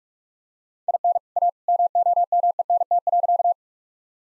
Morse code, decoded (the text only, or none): IN A MOMENT.